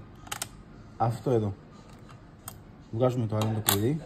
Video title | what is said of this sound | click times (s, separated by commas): Αλλαγή Συνδυασμού σε Κλειδαριά Χρηματοκιβωτίου Cisa | πιέζουμε και στρίβουμε ούτως ώστε να ακούσουμε το κλακ και οι πύροι να βγούνε λίγο ακόμα έξω. | 0.3 s, 0.4 s